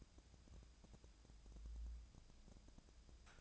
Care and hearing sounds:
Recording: daily activity, microphone in the room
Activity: take from stove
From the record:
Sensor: 2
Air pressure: 999.8 hPa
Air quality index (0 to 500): 123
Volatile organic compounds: 2 ppm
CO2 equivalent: 1059 ppm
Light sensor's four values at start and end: 33/81/36/40 and 33/82/36/40

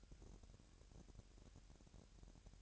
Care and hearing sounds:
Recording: daily activity, microphone in the room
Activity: take from stove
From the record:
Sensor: 2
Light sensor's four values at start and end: 71/169/70/68 and 71/169/70/68

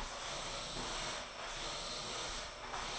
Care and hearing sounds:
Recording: daily activity, microphone in the room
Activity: vacuum cleaning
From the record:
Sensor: 5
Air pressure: 995.4 hPa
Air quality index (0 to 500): 81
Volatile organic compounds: 3 ppm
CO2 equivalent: 1495 ppm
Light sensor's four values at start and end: 35/86/35/36 and 35/86/35/36

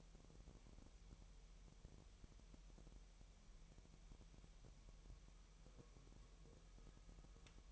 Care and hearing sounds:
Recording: daily activity, microphone in the room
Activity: wipe stove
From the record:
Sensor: 1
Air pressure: 1001.1 hPa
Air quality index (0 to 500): 249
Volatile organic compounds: 148 ppm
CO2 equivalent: 4015 ppm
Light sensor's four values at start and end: 13/30/12/14 and 13/31/13/14

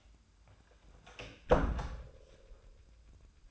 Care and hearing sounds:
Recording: daily activity, microphone in the room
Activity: close door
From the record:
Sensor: 2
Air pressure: 1004.8 hPa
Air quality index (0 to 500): 74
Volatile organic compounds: 1 ppm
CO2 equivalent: 872 ppm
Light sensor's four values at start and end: 7/16/6/7 and 7/16/6/6

